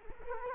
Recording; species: mosquito wingbeat signal from an infrared sensor; Culex quinquefasciatus